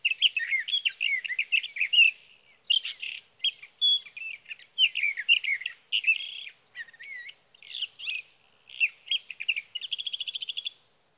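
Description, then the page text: Sage thrasher pouring out a long warbled song in bursts of fast varied notes with short gaps, ending in a rapid even trill. Male singing near his night roost through the night, June 12 to 15, 2018, Sierra Valley, California; recorded with a Swift recorder. "61. Sage thrasher songs, through the night. For three nights, from the evening of June 12 to the morning of June 15, 2018, in Sierra Valley, California"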